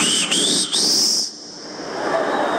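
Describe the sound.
A man's whistle used as a call to his wife on arriving home: a loud, high, sustained note that rises slightly, broken by two quick dips, lasting just over a second before fading into faint background hiss.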